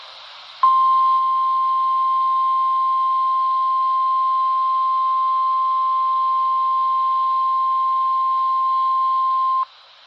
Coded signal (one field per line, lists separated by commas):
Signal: Emergency Alert System (SAME) tones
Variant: 1050 Hz attention tone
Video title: (EAS "#875") RNK Flash Flood Warning w/ FLY cancellation from WNG588 (Jefferson, NC) - 8/21/2025